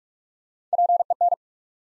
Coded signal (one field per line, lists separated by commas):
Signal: Morse code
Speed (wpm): 44 wpm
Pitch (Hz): 700 Hz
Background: none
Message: PEN